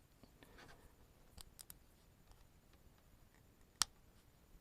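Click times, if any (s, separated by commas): 3.8 s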